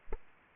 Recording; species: mosquito wingbeat signal from an infrared sensor; Aedes aegypti